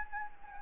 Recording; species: mosquito wingbeat signal from an infrared sensor; Anopheles gambiae